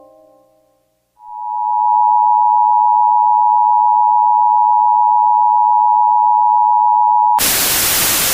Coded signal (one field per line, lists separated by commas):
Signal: Emergency Alert System (SAME) tones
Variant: 853 and 960 Hz attention tone